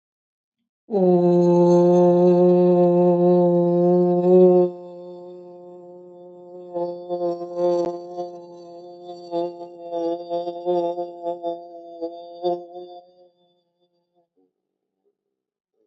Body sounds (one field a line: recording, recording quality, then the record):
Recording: sustained vowel as in boot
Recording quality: excellent, no background noise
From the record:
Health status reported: healthy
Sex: female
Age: 52 years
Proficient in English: yes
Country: India